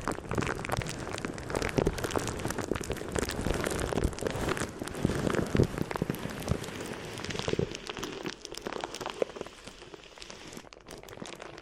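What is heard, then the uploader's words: Crinkly ear massage sounds form a dense, steady crackling patter like rain, louder at first and easing slightly after eight seconds. ASMR Addictive Crinkly Ear Massage (No Talking).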